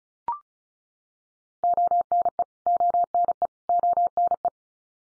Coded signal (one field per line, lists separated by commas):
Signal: Morse code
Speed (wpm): 34 wpm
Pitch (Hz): 700 Hz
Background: none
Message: ONE ONE ONE